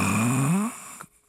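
An adult man imitates a single snore: a low, buzzing rumble made on the out-breath, the way real snoring sounds, lasting under a second.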